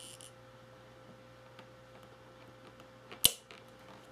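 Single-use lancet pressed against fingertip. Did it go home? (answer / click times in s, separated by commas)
yes / 3.2 s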